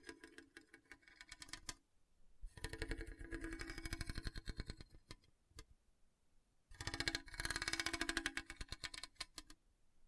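Hard, bumpy scratching comes in three bursts of rapid, regular clicks and rasps, dry. The strokes are dense from about 2.5 to 5 seconds and again from 7 to 9, with quieter, sparser scraping between.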